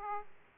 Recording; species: mosquito wingbeat signal from an infrared sensor; Aedes aegypti